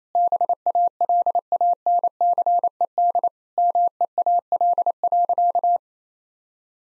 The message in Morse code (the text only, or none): BALANCED MEAL.